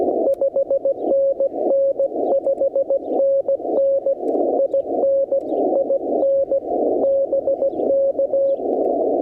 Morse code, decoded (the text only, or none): 5NN 5NN IN IN BK